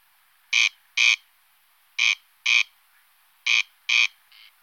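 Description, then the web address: Corn crake calling: harsh rasping double notes, crex-crex, given in pairs roughly every one and a half seconds, with a fainter final note. "corncrake vocals"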